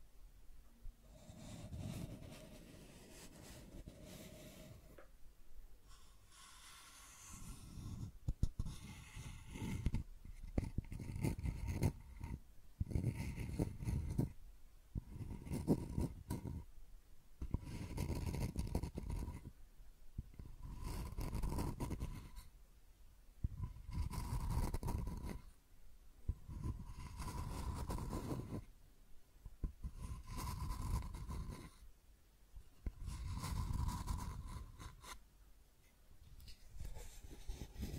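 Scratching and tracing strokes come in repeated rough passes, one every couple of seconds, each carrying a faint squeaky tone over a low rumble.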